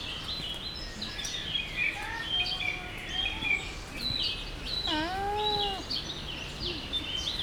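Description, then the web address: Llama making one wavering, humming call that rises and falls slightly over nearly a second, against a busy background of chirping and twittering birds. Captive llama at a zoo in Jászberény, 2015, giving a cute little call. "allathangok jaszberenyizoo 2015 lama kedveshangocska"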